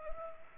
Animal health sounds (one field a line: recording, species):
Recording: mosquito wingbeat signal from an infrared sensor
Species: Culex pipiens